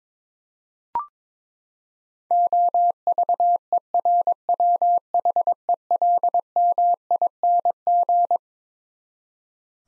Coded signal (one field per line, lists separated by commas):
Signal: Morse code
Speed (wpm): 22 wpm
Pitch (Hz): 700 Hz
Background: none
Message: OVERWHELMING